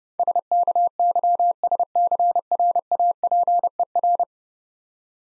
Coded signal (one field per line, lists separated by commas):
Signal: Morse code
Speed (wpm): 30 wpm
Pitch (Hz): 700 Hz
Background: none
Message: SKYSCRAPER